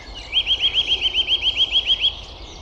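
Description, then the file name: Eurasian nuthatch with a single brisk run of roughly twelve ringing, upslurred whistles, evenly spaced, over a soft steady background hiss. "Sitta europaea"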